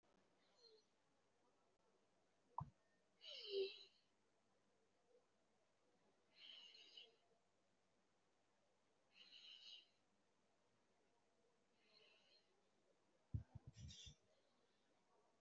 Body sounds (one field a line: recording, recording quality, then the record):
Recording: deep breathing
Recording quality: excellent, no background noise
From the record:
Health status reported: respiratory illness, not identified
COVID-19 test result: negative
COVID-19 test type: RT-PCR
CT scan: taken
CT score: 0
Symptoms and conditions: cough, cold, breathing difficulty, sore throat, chronic lung disease, another respiratory illness, hypertension, diabetes, ischaemic heart disease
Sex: male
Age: 67 years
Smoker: no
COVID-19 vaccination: none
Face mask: worn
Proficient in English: no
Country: India